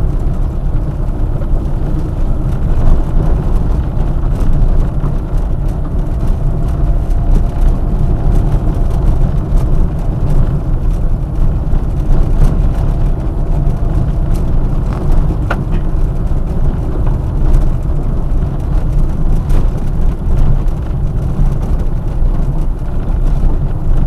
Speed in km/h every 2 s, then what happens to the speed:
26, 27, 27, 27, 27, 26, 26, 26, 23, 23, 24, 27.
0-24 steady at about 26.